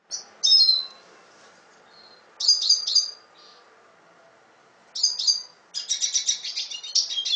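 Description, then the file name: Red siskin song of high paired chirps and short phrases, ending in a long, fast, buzzy twittering trill. "Canto del Cardenalito"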